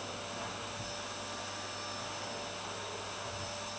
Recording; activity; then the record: daily activity, microphone in the room; vacuum cleaning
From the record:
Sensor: 2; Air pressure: 1007.5 hPa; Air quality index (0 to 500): 32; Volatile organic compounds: 1 ppm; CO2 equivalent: 520 ppm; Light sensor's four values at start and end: 7/16/6/6 and 7/16/6/6